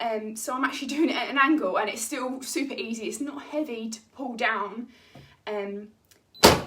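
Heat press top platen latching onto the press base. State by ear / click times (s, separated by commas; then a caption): seated / 6.4 s. A woman talks while pulling a heat press's top platen down at an angle onto the press base, noting that it is easy and not heavy to pull down. After a short quiet pause, a sharp, loud hit at 6.4 s marks the lid latching and locking closed.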